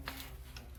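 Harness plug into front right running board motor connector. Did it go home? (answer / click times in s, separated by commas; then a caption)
no / none. A keyed plastic wiring harness plug for the front right running board motor of a Rough Country E-Board install on a Ford F-150 is being pushed toward its mating connector. Two short, light ticks at about 0.1 s and 0.6 s sit over a steady low hum. Nothing has seated or clicked yet.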